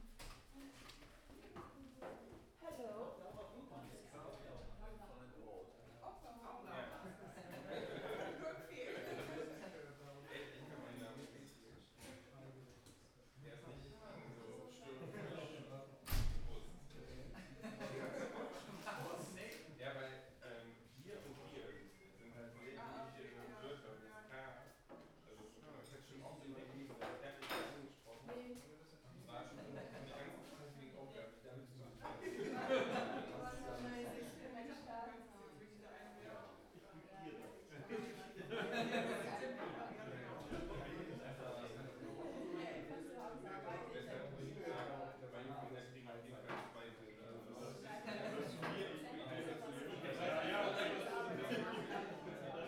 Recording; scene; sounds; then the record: everyday scene through a hearing-aid microphone; many people talking; many voices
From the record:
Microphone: behind the ear, right, rear